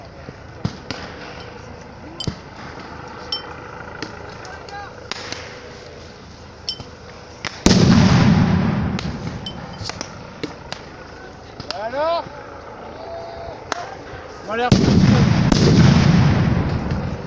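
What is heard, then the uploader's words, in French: Grenades go off during clashes with mobile gendarmes at the Notre-Dame-des-Landes ZAD. Two heavy blasts, near 7.5 and 14.5 seconds, each leave a long rumbling roar, while scattered sharp cracks and pops run throughout over murmuring voices and brief rising whistles around 12 seconds. Grenades utilisées à la ZAD de Notre Dame des Landes. Lors des affrontements avec les gendarmes mobiles.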